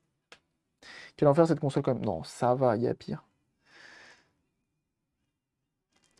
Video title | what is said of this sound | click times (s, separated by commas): [DS Lite] Remplacement écran supérieur Nintendo DS Lite | mais normalement c'est ce truc là qui vient se clipser comme ça et | 0.3 s